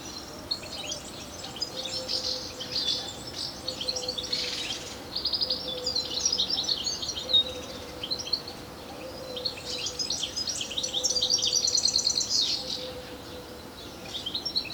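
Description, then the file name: European goldfinch twittering in bright, tinkling bursts of rapid high notes, nearly continuous with brief pauses. "Carduelis carduelis"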